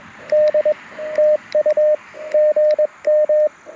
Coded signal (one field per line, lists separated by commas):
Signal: Morse code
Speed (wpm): 22 wpm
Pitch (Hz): 590 Hz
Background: radio noise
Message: D TU GM